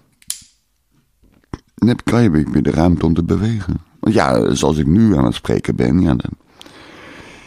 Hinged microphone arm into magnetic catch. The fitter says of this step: je dan klaar bent met ouwe hoeren, doe je de ding omhoog, klak.